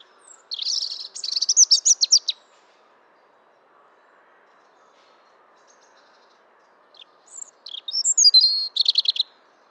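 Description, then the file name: European robin giving a high, rapid twittering phrase of trilled notes, a quiet gap of several seconds, then a second bright, fluttering warble. "Erithacus rubecula"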